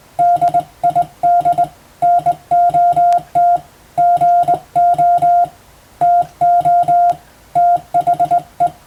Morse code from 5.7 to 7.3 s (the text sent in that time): TO